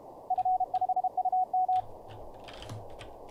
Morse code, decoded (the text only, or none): F5UM